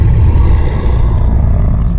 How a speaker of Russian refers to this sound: Когда он стих, то Стоук с ужасом услышал все то же жадное горловое урчание, а потом громкий протяжный рев.